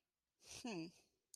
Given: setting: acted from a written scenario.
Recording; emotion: vocal sound without words; confusion